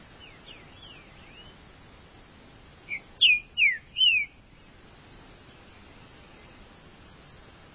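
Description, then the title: Green-winged saltator song: a phrase of three or four rich whistled notes, each sliding down, with fainter phrases heard at the start. "Trinca Ferro"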